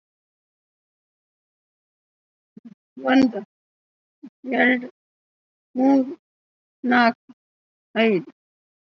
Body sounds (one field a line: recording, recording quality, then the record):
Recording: counting at a normal pace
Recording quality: poor, much background noise or distortion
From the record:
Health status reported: COVID-19 positive, mild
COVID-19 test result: positive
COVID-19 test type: RT-PCR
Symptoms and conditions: cough, sore throat, fever, fatigue, hypertension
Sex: female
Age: 50 years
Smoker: no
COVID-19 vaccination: one dose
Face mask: worn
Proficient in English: no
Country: India